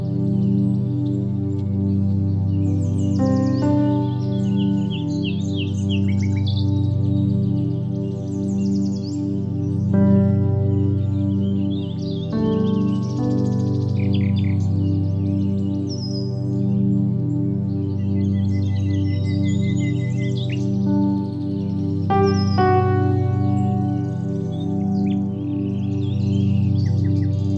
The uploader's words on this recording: Enjoy this episode filled with the lovely sounds of birds and soft piano music.